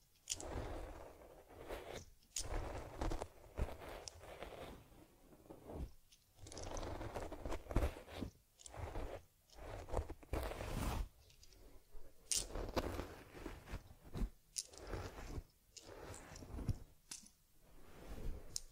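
Teddy bear grooming: soft brushing, rubbing and crinkly scratching strokes come in irregular bursts with short quiet pauses, plus occasional sharp clicks.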